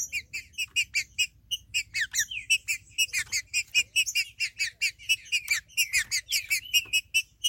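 Green-winged saltator song, a nonstop rapid series of short, repeated ringing notes with a few slurred phrases mixed in, over a low background hum.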